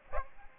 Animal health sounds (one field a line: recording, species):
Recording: mosquito wingbeat signal from an infrared sensor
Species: Aedes aegypti